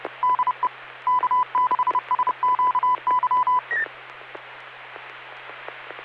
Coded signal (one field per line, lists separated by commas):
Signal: Morse code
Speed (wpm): 30 wpm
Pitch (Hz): 1000 Hz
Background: none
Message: DE K6SQY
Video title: N6NA SSTV Net - 04/17/2024